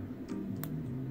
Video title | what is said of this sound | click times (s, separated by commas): How to flip the polarity of a LC uniboot | sure our latches are down and snap back into place and the audible click will let you know that you're finished | 0.6 s